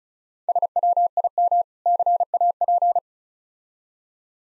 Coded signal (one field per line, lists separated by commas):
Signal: Morse code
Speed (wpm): 36 wpm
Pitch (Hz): 700 Hz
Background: none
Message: SWIM CAP